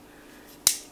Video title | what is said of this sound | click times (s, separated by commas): 5.11 Worst Case Scenario bag! | over here and it locks into place so you're not gonna hurt yourself so nice | 0.7 s